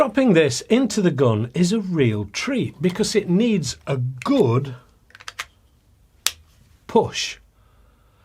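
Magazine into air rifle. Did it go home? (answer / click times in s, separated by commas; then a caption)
yes / 6.3 s. Someone talks while a magazine is dropped into an SMK Nova Vista Alpha air rifle and given a firm push. A few light clicks come around 5.1–5.4 seconds, then a sharp, loud click at 6.3 seconds as the magazine seats home, followed by a short sound near 7 seconds.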